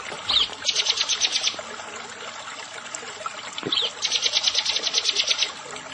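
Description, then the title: Bar-winged prinia song: a short chirp, then a rapid buzzy trill of about a second, repeated once after a pause, with low hiss behind. "Ciblek Sawah"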